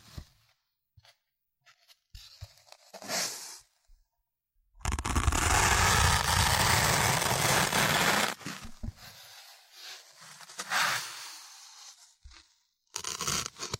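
An ear cleaning massage: soft, scattered crackles and brief scratchy rubs in the first seconds give way to a loud, dense stretch of rough rustling and scraping from about five to eight seconds. Lighter scratchy strokes follow, a near-silent gap, then a last crackly burst.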